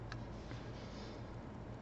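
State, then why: Not seated. A metal dust cover is pushed down onto the case of an Elgin railroad grade hunter pocket watch to snap it in place while the watch ticks in the background. Two small taps are heard at 0.1 s and 0.5 s, but the cover has not snapped on yet.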